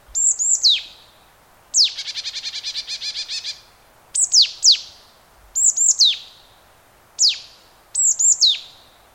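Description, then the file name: Marsh tit giving clear high 'pitchoo' calls in short groups, repeated, with one rapid buzzy chattering series early on. "Poecile palustris"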